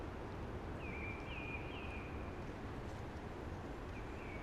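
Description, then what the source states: Eurasian blackbird giving a brief run of slurred, rising and falling song notes, then a shorter phrase, against a broad wind-like hiss. Singing early, amongst conifers hushing in the background.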